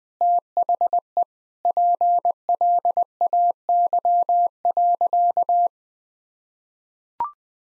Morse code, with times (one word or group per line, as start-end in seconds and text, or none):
0.2-1.2 THE
1.7-5.7 PLAY.